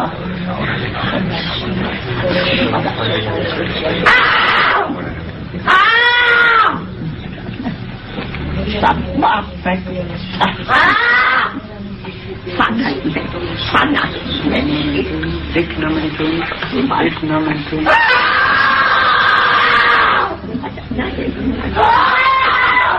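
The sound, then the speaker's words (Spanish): A young woman screams and wails repeatedly during an exorcism in a church in Barcelona, in loud, strained, high-pitched bursts that rise and fall, with other voices talking in between and beneath her cries. “Los gritos son reales, indudablemente.”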